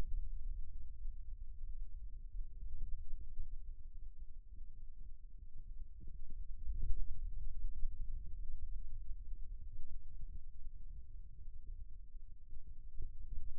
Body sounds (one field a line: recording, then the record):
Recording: forearm muscle sounds (acoustic myography)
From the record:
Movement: ulnar deviation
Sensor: system 2, bracelet of six BSWA MPA416 microphones around the upper forearm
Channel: 1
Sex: male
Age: 22 years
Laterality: right